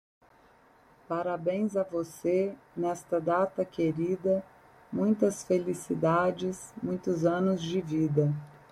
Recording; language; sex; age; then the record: short text; Brazilian Portuguese; female; 30 to 39 years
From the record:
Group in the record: control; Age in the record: 35 years